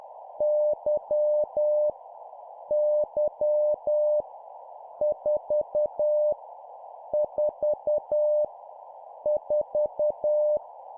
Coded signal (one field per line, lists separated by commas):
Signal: Morse code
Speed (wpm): 10 wpm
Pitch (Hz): 600 Hz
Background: none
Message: Y Y 4 4 4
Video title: 10wpm Repeat three times Random Letter Number, morse code practice